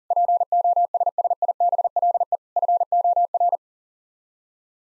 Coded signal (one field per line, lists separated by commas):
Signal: Morse code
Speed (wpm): 40 wpm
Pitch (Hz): 700 Hz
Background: none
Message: POSSIBLE FOR